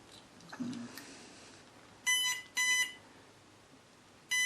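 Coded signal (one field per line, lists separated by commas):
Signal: beep code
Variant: Cobra ESC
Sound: two short buzzy electronic beeps, a pause, then the pair starts again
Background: quiet room, faint handling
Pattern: 2 short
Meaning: Two repeated beeps warn that the motor rotation setting has been changed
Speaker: and now notice we're getting two beeps repeatedly rather than just one beep to confirm it okay I think what they're doing there is they're giving you a warning that you've changed the rotation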